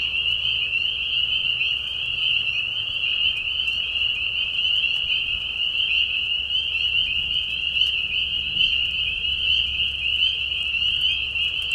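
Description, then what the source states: Spring peepers in a dense chorus, countless high whistled peeps merging into a steady shrill band, with a faint low hum underneath throughout. Peeper frogs giving mating calls in a marsh at night during a very short spring season, Tiny Marsh Conservation Area, Tiny, Ontario; high whistles at low volume.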